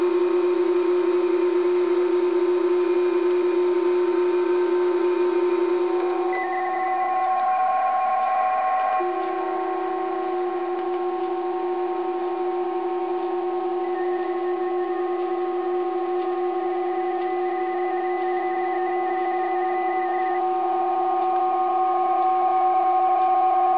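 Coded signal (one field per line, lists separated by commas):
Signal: PSK31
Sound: steady warbling narrow tone near 700 Hz among several constant hum-like tones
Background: radio static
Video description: PSK31 is another digital mode that converts typed on computer keyboard letters to specific sounds and send them by the radiostation.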